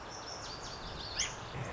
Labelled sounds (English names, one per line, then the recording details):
Lazuli Bunting
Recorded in Sonoma County, California